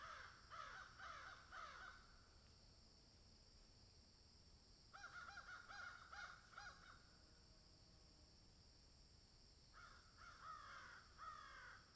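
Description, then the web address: Crows cawing in three bouts of rapid overlapping harsh calls, separated by quiet stretches of a few seconds, with faint steady hiss throughout. Crows cawing in a field. "Debarup Travel Films - Crows Caw in Field"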